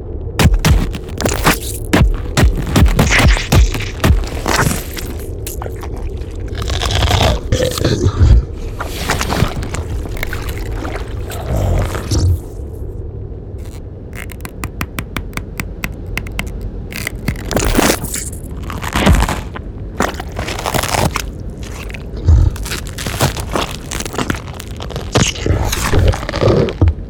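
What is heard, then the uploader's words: A dark cave ambience with a steady low rumble underneath and a constant murmur in the lower middle. Wet, crunching and scraping creature noises break in throughout, irregular, with a rapid run of clicking taps around the middle and sharper bursts later. Organic creature sounds and cave ambiences. All sound effects have been created using field recordings in order to add an authentic organic feel.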